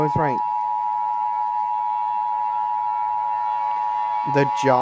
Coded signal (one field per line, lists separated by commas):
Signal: Emergency Alert System (SAME) tones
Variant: 853 and 960 Hz attention tone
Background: speech